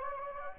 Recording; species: mosquito wingbeat signal from an infrared sensor; Anopheles gambiae